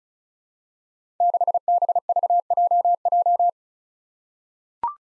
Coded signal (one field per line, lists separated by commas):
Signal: Morse code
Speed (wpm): 36 wpm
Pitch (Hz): 700 Hz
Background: none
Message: 6BVJJ